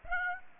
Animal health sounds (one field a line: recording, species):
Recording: mosquito wingbeat signal from an infrared sensor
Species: Aedes aegypti